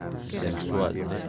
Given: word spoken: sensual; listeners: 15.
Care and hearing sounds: one Spanish word in noise, from a listening test; eight-talker babble; 0.0 dB; 4 of 15; 11 of 15; 0.89 s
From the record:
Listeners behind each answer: 11, 4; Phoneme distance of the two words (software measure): 10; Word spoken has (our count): 2 syllables, 7 phonemes, stress on syllable 2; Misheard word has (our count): 2 syllables, 7 phonemes, stress on syllable 2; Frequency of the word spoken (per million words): 5.65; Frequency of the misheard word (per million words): 55.86

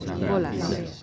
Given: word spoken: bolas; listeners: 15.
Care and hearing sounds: one Spanish word in noise, from a listening test; eight-talker babble; -0.8 dB; 4 of 15; 6 of 15; 0.63 s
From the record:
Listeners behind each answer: 6, 4, 2, 1, 1, 1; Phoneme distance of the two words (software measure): 10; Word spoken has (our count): 2 syllables, 5 phonemes, stress on syllable 1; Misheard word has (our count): 2 syllables, 5 phonemes, stress on syllable 1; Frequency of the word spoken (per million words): 7.80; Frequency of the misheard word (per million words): 7.25

